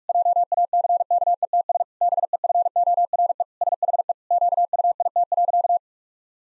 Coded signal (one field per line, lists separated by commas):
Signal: Morse code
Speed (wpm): 46 wpm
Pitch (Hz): 700 Hz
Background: none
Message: JACKETS BEFORE SHE QUIT.